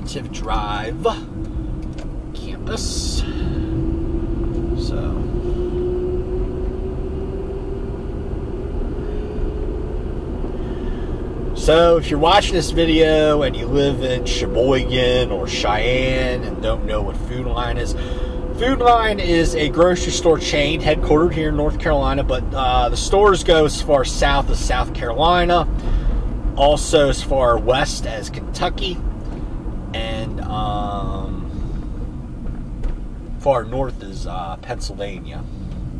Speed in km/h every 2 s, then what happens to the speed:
32, 32, 37, 40, 44, 47, 50, 50, 52, 52, 53, 52, 47, 44, 40, 29, 19, 19.
0-12 speeds up to 50. 12-20 steady at about 52. 20-36 slows to 19.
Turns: none.